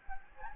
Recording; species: mosquito wingbeat signal from an infrared sensor; Anopheles gambiae